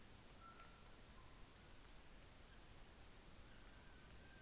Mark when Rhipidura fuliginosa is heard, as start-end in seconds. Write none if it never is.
2.04-3.73